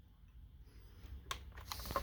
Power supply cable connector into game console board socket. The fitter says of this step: we need to put the power supply back in connect this first connector down in here it should click into place